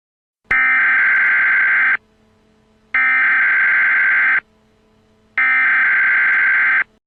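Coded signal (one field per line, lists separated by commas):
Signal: Emergency Alert System (SAME) tones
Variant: header bursts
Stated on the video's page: Fictional EAS scenario set in 2050, a weather and natural-disaster movie.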